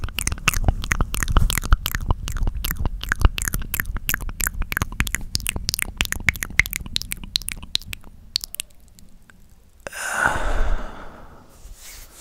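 Mouth sounds: rapid wet clicks and smacks for about eight seconds, thinning out, then a breathy sigh near ten seconds.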